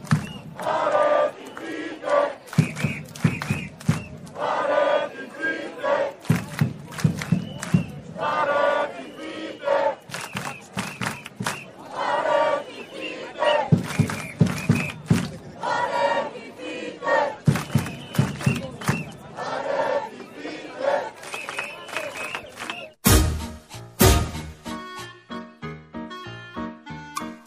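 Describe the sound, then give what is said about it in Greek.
A large crowd in Syntagma Square, in the rain, chants to welcome the new government in loud, rhythmic bursts, voices rising together in repeated shouted phrases with short pauses between, ending in a final cheer followed by a brief burst of upbeat music. “αλλά επειδή πήγαμε χθες στην πλατεία Συντάγματος να δούμε λίγο τι γίνεται, να κόψουμε κίνηση, έβρεχε κιόλας, ακούσαμε εκεί τους ανθρώπους να καλωσορίζουν τη νέα κυβέρνηση.”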